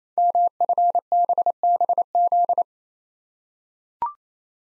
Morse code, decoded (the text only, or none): MFBBZ